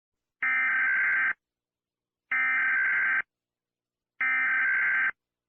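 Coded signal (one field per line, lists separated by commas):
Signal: Emergency Alert System (SAME) tones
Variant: header bursts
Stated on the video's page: Fictional EAS scenario presented as found footage from old analog TV broadcasts.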